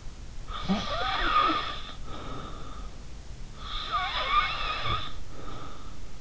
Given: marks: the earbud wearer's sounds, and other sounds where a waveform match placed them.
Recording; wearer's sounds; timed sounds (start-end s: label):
sounds in sleep by an in-ear microphone; snoring breath
0.47-2.97 s: snoring breath
3.61-5.95 s: snoring breath